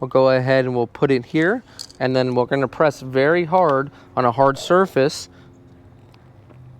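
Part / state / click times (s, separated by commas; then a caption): activator stem pressed into the bottom valve of a 2K clearcoat aerosol can / not seated / none. Someone talks while setting the loose activator button (valve stem) from the cap onto the bottom valve of a 2K clearcoat aerosol spray can, ready to press the can hard against a hard surface to drive the stem home and rupture the internal catalyst bladder. After the talking stops, only quiet background remains. Nothing has seated or popped yet.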